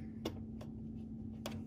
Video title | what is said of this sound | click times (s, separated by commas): How to adjust bobbin thread tension on Brother Embroidery Machine PE 800 | then you push it until it clicks | 0.3 s, 1.5 s